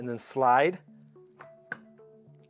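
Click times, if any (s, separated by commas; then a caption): 1.7 s. A BioBidet Discovery DLS bidet seat is slid back onto its mounting plate on the toilet while someone talks, with a soft knock at about 1.4 s and a sharp click at 1.7 s over steady tonal background music. The click is heard, but the seat is not fully home yet and needs more pushing.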